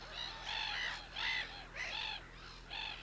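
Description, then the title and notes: Black-headed Gull, grating screechy calls in several separate bursts. Breeding colony; the gulls return to familiar nesting islets year after year. "Naurulokki. Viikon luontoäänen esitteli Juha Laaksonen"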